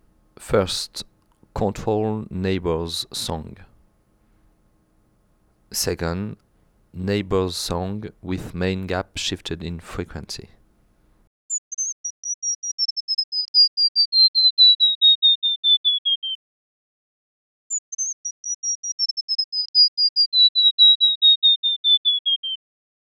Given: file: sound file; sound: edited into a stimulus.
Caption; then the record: Neighbor's control followed by frequency-shifted neighbor's song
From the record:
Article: Singing in the Rain Forest: How a Tropical Bird Song Transfers Information